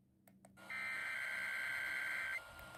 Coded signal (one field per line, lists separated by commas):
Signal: Emergency Alert System (SAME) tones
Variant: header bursts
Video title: WIRELESS WXL82... EAS Tests from 3/26/25 (EAS #5,655 - 5,664)